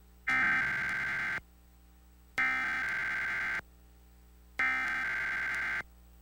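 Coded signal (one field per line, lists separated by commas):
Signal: Emergency Alert System (SAME) tones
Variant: header bursts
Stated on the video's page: Required weekly test SAME tones on a digital TV subchannel, personally recorded.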